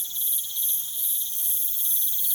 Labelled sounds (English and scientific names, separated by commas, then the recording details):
none
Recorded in pastures near Puerto Asís, Putumayo, Colombia, on 25 June 2025 at 02:30
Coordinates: 0.487, -76.322
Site H26